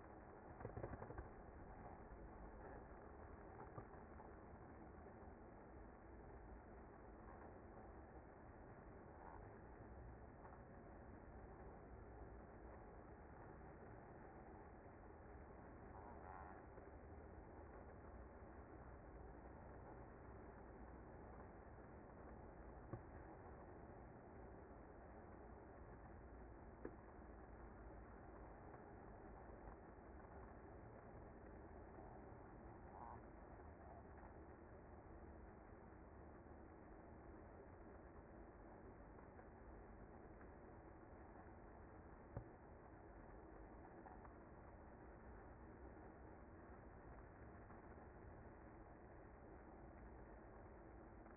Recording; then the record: honeybee colony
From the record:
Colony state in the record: active